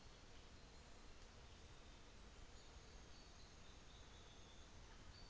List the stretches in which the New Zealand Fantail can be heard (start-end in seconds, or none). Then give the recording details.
1.97-4.93. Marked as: faintness 4/5. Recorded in New Zealand on 24 December 2018. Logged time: 15:00